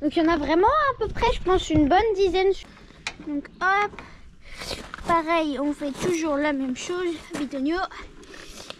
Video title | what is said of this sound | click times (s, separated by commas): ON COMMENCE BIEN L'ANNEE !! neige, sapin, camera de mises bas, fumier, cacahuète et mécanique VLOG | Attends, j'ai pas bien enclenché. | 8.7 s